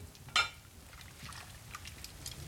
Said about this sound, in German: Der Regen hört gar nicht mehr auf.